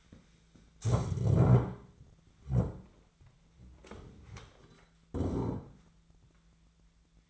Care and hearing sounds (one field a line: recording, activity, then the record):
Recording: daily activity, microphone in the room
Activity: stand up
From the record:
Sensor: 3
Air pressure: 1007.9 hPa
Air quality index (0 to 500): 191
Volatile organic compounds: 14 ppm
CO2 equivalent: 2456 ppm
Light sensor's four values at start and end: 12/29/12/12 and 12/28/12/12